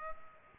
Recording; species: mosquito wingbeat signal from an infrared sensor; Culex pipiens